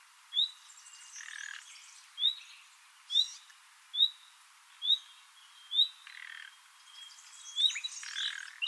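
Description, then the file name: Common nightingale song: sharp high upslurred notes about a second apart, with buzzy scratchy phrases and a long level whistle between them. "Luscinia megarhynchos"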